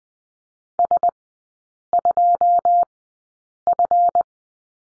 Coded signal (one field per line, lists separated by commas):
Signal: Morse code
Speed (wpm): 20 wpm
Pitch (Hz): 700 Hz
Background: none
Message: S2F